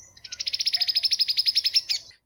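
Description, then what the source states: Cowbird chatter call: a steady, rapid rattle of many high clicking notes, evenly spaced, lasting nearly two seconds. Chatter or rattle call; seems not geographically variable, apparently unlearned; juvenile and adult cowbirds are strongly attracted to it, and it activates special brain areas even in birds never exposed to it.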